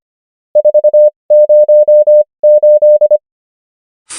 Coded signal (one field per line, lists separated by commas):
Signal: Morse code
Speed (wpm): 25 wpm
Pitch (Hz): 600 Hz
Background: none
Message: 408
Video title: morse code practice | 25wpm | 21fw | numbers | ENGLISH